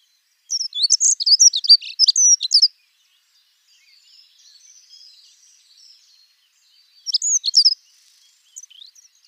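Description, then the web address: Dunnock song: a fast, high, jangling warble lasting about two seconds, then a pause with faint twittering and a shorter burst of the same warble. "Schulze Peter Dunnock"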